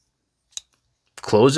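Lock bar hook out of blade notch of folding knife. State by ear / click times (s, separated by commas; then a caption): released / 0.6 s. Pinching the back of the locking bar on a folding lockback knife lifts its hook out of the blade notch, releasing the lock with a sharp click at 0.6 s. Someone then talks as the blade is closed.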